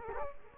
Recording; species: mosquito wingbeat signal from an infrared sensor; Culex quinquefasciatus